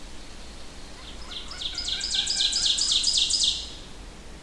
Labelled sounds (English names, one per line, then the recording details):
Ovenbird song
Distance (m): 10 m
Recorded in boreal forest in Alberta, Canada, on 25 June 2016 at 07:40
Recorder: SongMeter 3, array SBT-6-76
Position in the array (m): 8 m, 116 m
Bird 2